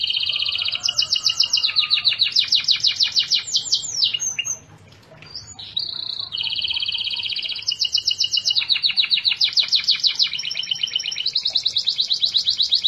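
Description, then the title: Canary song with successive rapid trills and rattling note series, a short pause midway, then renewed fast trilled phrases at varying pitches. "Kenari"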